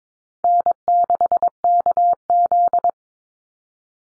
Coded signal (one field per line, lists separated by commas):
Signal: Morse code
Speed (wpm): 22 wpm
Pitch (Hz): 700 Hz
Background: none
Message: N6KZ